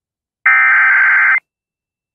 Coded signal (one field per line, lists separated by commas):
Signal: Emergency Alert System (SAME) tones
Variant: header bursts